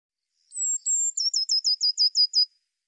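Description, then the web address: Eurasian blue tit: a pair of high, thin whistled notes, then a rapid trill of eight or so clipped notes dropping slightly in pitch. No other sounds. "cianscape birddata Deverinetal 2025 File cleaned normalized Bird Cy Ca"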